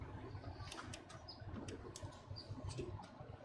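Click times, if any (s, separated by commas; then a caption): none. A cable plug is pushed along and into its socket on a PC component, producing a series of brief, faint ticks and scrapes over low background noise. The plug ends up lined up and in position, but it has not clicked.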